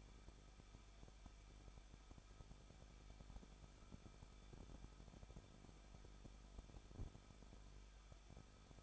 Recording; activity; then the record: daily activity, microphone in the room; no activity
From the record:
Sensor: 5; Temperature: 20.8 degrees Celsius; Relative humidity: 38.3%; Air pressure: 1006.6 hPa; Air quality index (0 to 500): 186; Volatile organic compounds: 18 ppm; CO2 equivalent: 2602 ppm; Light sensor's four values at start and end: 2/3/1/1 and 2/3/1/1